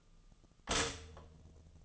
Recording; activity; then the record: daily activity, microphone in the room; stop toaster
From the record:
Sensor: 4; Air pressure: 1010.0 hPa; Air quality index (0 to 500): 181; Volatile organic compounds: 5 ppm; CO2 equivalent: 1834 ppm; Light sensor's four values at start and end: 23/68/27/27 and 23/68/27/27